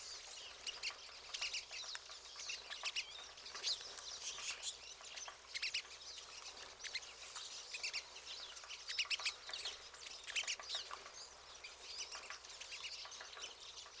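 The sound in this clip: Pine siskins calling as a flock, continuous high chattering twitters and short buzzy notes overlapping without pause.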